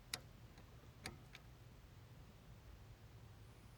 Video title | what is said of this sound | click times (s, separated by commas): Honda S2000 Freon Charge | pull up on the sleeve slide it on and make sure it clicks in okay | 0.1 s